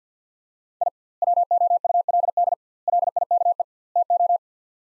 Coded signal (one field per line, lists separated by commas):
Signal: Morse code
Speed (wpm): 50 wpm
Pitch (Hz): 700 Hz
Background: none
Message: I WOULD LIKE TO